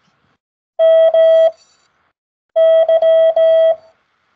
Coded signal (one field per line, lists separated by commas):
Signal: Morse code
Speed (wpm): 17 wpm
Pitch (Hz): 650 Hz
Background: none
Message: MY